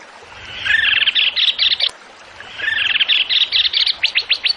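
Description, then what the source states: Zebra finch song in two bursts, each a quick twittering trill that ends in several sharp high notes, with a short pause between the phrases. Masteran, a training recording for songbirds; the bird is singing actively (gacor).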